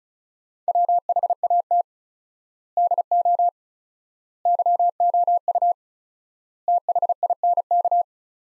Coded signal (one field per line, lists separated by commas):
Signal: Morse code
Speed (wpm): 34 wpm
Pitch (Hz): 700 Hz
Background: none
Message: WHAT DO YOU THINK